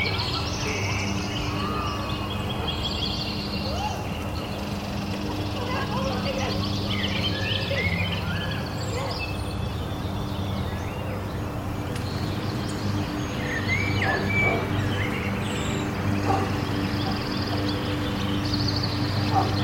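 Birds chirp in short, scattered calls over a steady low hum, while children play off in the distance, their voices blending into a busy murmur. The level stays fairly even throughout, with bright chirps popping up every few seconds.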